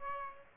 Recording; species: mosquito wingbeat signal from an infrared sensor; Aedes aegypti